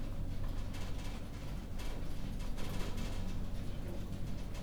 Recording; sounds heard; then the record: poultry house recording; no chicken sound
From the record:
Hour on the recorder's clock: 22